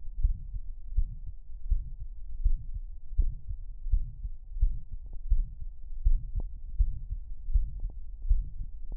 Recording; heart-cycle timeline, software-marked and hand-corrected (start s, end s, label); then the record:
heart sounds
0.00	0.20	diastole
0.20	0.36	S1
0.36	0.54	systole
0.54	0.62	S2
0.62	0.94	diastole
0.94	1.08	S1
1.08	1.26	systole
1.26	1.34	S2
1.34	1.68	diastole
1.68	1.82	S1
1.82	2.00	systole
2.00	2.08	S2
2.08	2.42	diastole
2.42	2.58	S1
2.58	2.76	systole
2.76	2.84	S2
2.84	3.18	diastole
3.18	3.32	S1
3.32	3.50	systole
3.50	3.58	S2
3.58	3.90	diastole
3.90	4.02	S1
4.02	4.22	systole
4.22	4.30	S2
4.30	4.60	diastole
4.60	4.72	S1
4.72	4.90	systole
4.90	4.98	S2
4.98	5.30	diastole
5.30	5.46	S1
5.46	5.62	systole
5.62	5.70	S2
5.70	6.04	diastole
6.04	6.20	S1
6.20	6.36	systole
6.36	6.46	S2
6.46	6.78	diastole
6.78	6.92	S1
6.92	7.10	systole
7.10	7.20	S2
7.20	7.52	diastole
7.52	7.66	S1
7.66	7.84	systole
7.84	7.92	S2
7.92	8.28	diastole
8.28	8.44	S1
8.44	8.60	systole
8.60	8.68	S2
8.68	8.97	diastole
From the record:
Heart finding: mitral regurgitation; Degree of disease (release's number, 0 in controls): 2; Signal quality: good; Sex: male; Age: 79 years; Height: 1.75 m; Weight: 80 kg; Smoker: yes